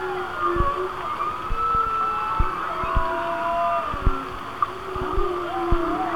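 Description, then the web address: Whale song of sliding whistles and low steady moans, punctuated by frequent clicks and pops against a rumbling background. "Natures Songs Whale Songs Whale Songs- Mike Mc Donald"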